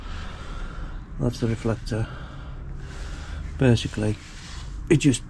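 A plastic reflector is being handled next to the slot in a VW Crafter van's colour-coded bumper, where it clips into place. Someone talks over a low background hum. Nothing has seated or clicked yet.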